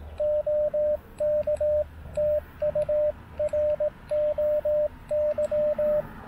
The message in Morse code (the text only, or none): OK TU ROY